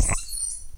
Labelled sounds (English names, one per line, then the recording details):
Stitchbird song
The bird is a male
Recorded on Tiritiri Matangi Island, New Zealand, in 2005
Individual 11, of nest box 13